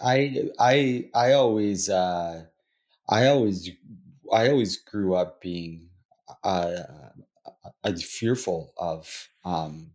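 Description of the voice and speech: Adult man repeats 'I' and whole phrases, stretches vowels and stalls in long silent blocks: stuttering.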